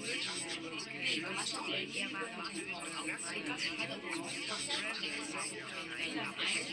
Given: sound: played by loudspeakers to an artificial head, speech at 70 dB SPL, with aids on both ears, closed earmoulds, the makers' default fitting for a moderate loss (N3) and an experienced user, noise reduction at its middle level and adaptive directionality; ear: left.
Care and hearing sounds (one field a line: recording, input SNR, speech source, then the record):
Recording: speech test signal (ISTS) in cocktail-party noise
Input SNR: -6 dB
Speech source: on the right (90 degrees)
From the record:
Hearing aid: class 2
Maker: C